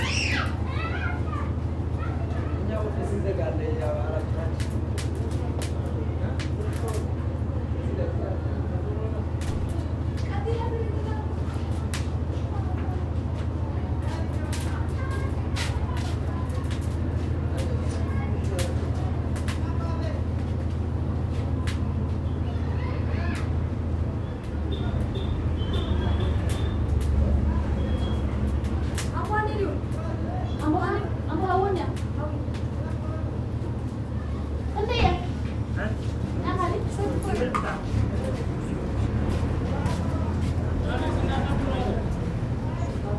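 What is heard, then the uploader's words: A busy café in Tigray, Ethiopia, with a steady murmur of overlapping voices and chatter throughout. A constant low engine-like rumble runs underneath, swelling slightly around the middle, while scattered clinks and sharp taps of cups and utensils pop up irregularly. Ethiopia - Tigray Cafe Atmosphere. En route from Mekele to Erta Ale volcano we stopped at a roadside cafe. I managed to grab a few minutes of ambience while our coffee was being prepared.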